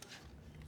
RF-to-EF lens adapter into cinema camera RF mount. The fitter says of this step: All right, this is the click.